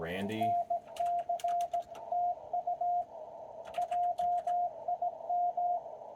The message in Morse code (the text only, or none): NC TU JIM